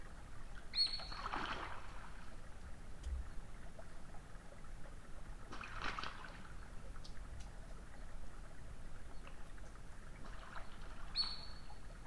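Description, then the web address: Eurasian otter giving two short, high, steady whistles, one early and one near the end, with soft splashing bursts in between. "saukko lauri hallikainen. uutiset saukon-voi-loytaa-sulapaikan-liepeilta"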